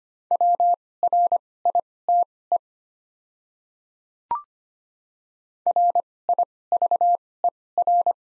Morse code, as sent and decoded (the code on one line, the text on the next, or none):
.-- .-. .. - . / .-. .. ...- . .-.
WRITE RIVER